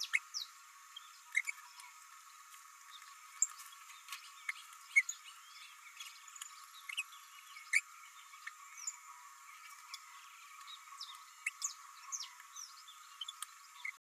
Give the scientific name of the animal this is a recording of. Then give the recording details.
Forpus passerinus. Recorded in a nest box in Venezuela. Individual 18B104A3